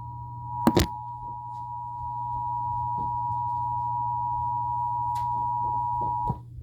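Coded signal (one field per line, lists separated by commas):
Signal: Emergency Alert System (SAME) tones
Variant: 853 and 960 Hz attention tone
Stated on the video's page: Tornado watch tones received on NOAA weather radio and on FM radio at 91.3 and 100.1 MHz.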